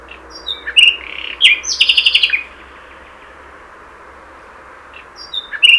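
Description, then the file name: Common nightingale song with short whistled notes and a rapid stuttering trill, then quiet, then the start of a new phrase. "Luscinia megarhynchos"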